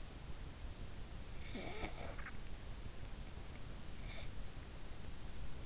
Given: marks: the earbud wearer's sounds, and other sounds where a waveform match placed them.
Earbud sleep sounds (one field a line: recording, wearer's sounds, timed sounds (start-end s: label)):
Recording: sounds in sleep by an in-ear microphone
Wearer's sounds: breath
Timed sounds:
0.78-3.18 s: breath